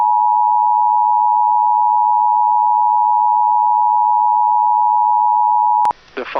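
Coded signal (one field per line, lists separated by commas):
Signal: Emergency Alert System (SAME) tones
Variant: 853 and 960 Hz attention tone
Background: speech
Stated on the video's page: Child Abduction Emergency for West Virginia.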